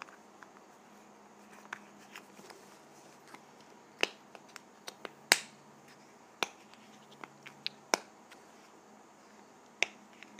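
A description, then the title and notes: Small sharp clicks and taps from a lip gloss container, scattered irregularly through the clip with louder snaps near 4, 5.3, 6.4, 8 and 10 seconds. Between them come faint fiddly ticks over a low, steady hum. ASMR Lip Gloss Container.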